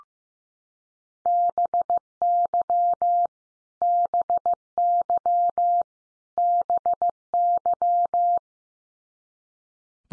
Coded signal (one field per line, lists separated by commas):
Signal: Morse code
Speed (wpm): 15 wpm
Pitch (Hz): 700 Hz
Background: none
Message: BY BY BY